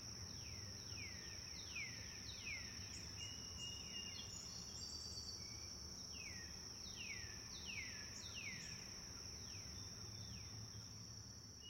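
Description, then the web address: Birds giving falling, slurred whistled chirps in loose runs, with short high twitters, over a constant shrill insect hum. Several birds chirping in a forest. "sound-effects-bible Forest Birds Chirp"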